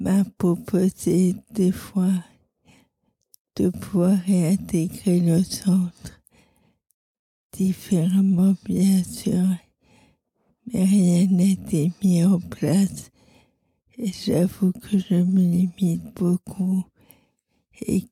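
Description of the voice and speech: An adult woman speaks French in short bursts of about two seconds, each followed by a pause of over a second, with a soft, sighing quality. This is a very weak voice from vocal cord paralysis following an accident, where limited breath support shortens each phrase.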